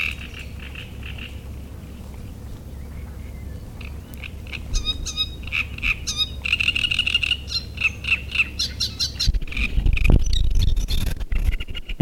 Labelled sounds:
Great Reed Warbler (Acrocephalus arundinaceus)
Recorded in the wild
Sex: male
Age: adult
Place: Müggelsee, Berlin, DE
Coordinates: 52.43, 13.64
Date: 1991-06-07 19:40
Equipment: Uher 4400 Report Monitor, Sennheiser ME 80, K 30 AV
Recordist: Fischer, Stefan

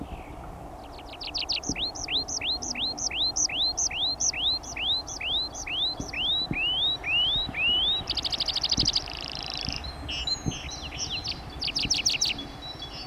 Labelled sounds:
Tree Pipit (Anthus trivialis) song
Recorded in the wild
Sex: male
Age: adult
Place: Burk, Bayern, DE
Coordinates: 49.1328, 10.4797
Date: 1971-05-08
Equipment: Uher Report 4200, Scotch-Classic 19cm, AKG D190C in Doppelparabolreflektoren
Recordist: Krey, Winfried

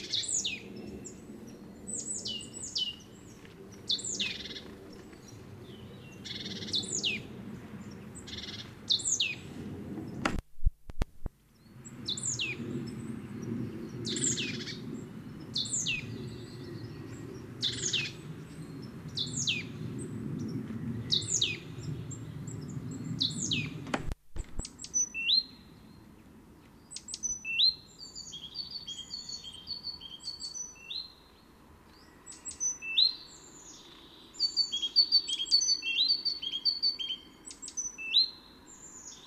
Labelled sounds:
Great Tit (Parus major) call
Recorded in the wild
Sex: male
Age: adult
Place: Kaiserslautern, Rheinland-Pfalz, DE
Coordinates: 49.4403, 7.749
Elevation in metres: 261
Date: 1977-02-23
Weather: warm, sunny
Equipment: Nagra IV, Sennheiser MKH 405, Parabolreflektor
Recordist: Tretzel, Erwin

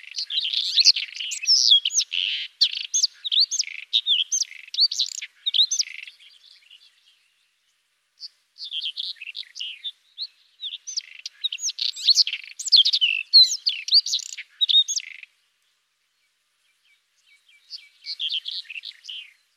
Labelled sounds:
White-throated Robin (Irania gutturalis) song
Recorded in the wild
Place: Tahtakaraca-Pass 1788 m (Alexanderpass), UZ
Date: 2001-05-23
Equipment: MiniDisc Sharp MT 20 H
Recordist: Schwarz, Dieter

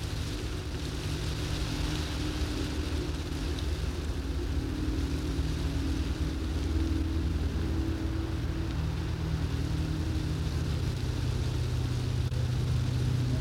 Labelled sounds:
Sombre Tit (Poecile lugubris)
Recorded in the wild
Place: Borovez, Rila-Gebirge, Sofia, BG
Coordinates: 42.271, 23.601
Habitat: Mountains
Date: 1974-05-27
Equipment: Nagra III BH, Sennheiser MD 21, parabola
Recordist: Schubert, Michael
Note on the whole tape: Gesang u. Rufe Trauermeise

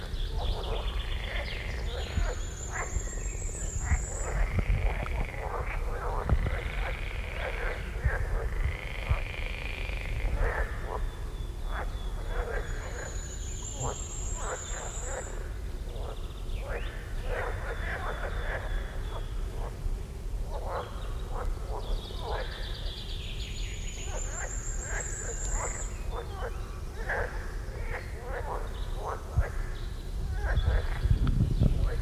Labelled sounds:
Common Firecrest (Regulus ignicapilla) song
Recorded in the wild
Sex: male
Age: adult
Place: Feldberg - Lüttenhagen, Mecklenburgische Seenplatte, Mecklenburg, DE
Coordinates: 53.3333, 13.3833
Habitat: beech forest
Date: 1976-06-23 17:53
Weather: hazy, 22°C
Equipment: Uher CR 210, Sennheiser MD 421 HL, Verstärker, Reflektor, Kopie Uher 4200
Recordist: Tembrock, Günter

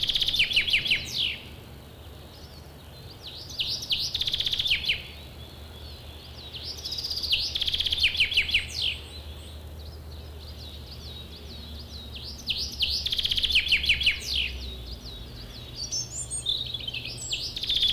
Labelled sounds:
Common Chaffinch (Fringilla coelebs) song
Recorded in the wild
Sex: male
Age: adult
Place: Detmold, OT Hiddesen, Teutoburger Wald, Nordrhein-Westfalen, DE
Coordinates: 51.9272, 8.80583
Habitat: pond
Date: 1964-04-19
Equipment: Uher 4000 Report-S, Bändchenmikro Beyer M 260, Parabolspiegel Polyester (470 mm)
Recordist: Conrads, Klaus
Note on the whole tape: NSG Donoper Teich bei Detmold, Kummerbachquelle. Männchen: Egge-Sänger mit mehreren verschiedenen Schlägen

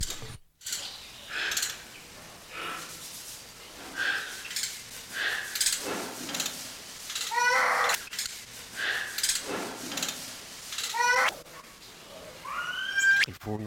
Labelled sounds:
D'Arnaud's Barbet (Trachyphonus darnaudii), Toco Toucan (Ramphastos toco)
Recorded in captivity
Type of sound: twittering
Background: Ramphastos toco
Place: Zoo Berlin, Berlin, DE
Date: 1992-05-09 10:50
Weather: wechselnd wolkig, böiger Wind, 10-12°C
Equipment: Nagra SN, Mikrofon AKG CK 8, Kopie Tesla B 116
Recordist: Tembrock, Günter
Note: "Trrr"-Lautfolge

